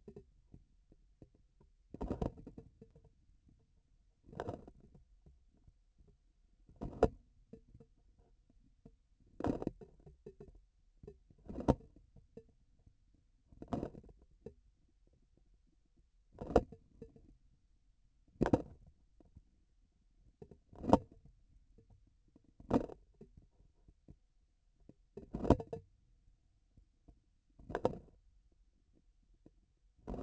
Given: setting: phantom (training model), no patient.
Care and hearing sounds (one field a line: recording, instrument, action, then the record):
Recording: laparoscopic instrument, vibration sensor on the handle end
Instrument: grasping forceps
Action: opening and closing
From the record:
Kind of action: tool actuation without material contact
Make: Olympus